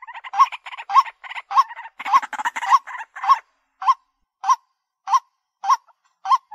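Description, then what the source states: White-breasted waterhen calling: harsh clustered notes at first, then clear rising 'kook' notes repeated steadily about every half second. Calling during the daytime.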